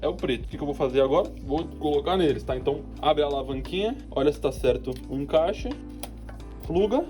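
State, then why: Not seated. Someone talks over background music while a RAM memory stick is handled at a motherboard DIMM memory slot with its retention lever open, ready to be pressed in. Two brief sharp sounds occur near 6.0 and 6.3 seconds, but the module has not yet seated or clicked into the slot by the end of the clip.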